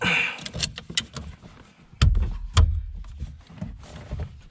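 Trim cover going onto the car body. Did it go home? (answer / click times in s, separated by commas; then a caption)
no / none. A trim cover is pressed back into place on the body of a Porsche 911 Turbo 997.2 during a suspension and shocks installation, producing a series of light taps followed by two sharper knocks at about 2.0 and 2.6 seconds. The cover's clip does not click on and nothing has seated or clicked yet, although the cover sits in place.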